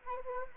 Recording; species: mosquito wingbeat signal from an infrared sensor; Anopheles arabiensis